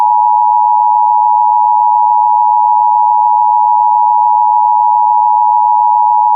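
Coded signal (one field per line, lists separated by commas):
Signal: Emergency Alert System (SAME) tones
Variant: 853 and 960 Hz attention tone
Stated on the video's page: Mock EAS alert for an Ohio statewide tornado drill; not a real broadcast.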